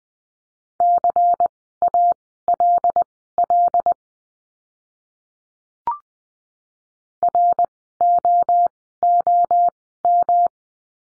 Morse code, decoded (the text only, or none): CALL ROOM